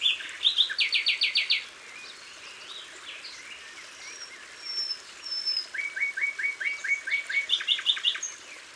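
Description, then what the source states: Common Nightingale song: a fast pulsed trill, a pause with thin whistles, then a steady series of repeated falling notes and another trill. Recorded in Isère, France.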